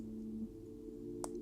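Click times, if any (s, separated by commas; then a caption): 1.2 s. A small plastic turn signal lens is pushed into its mount on a model car's front bumper, giving a single short, sharp click at 1.2 seconds over a steady low hum. The lens seats easily.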